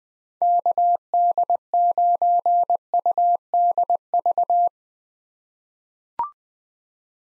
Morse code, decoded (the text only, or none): KD9UDV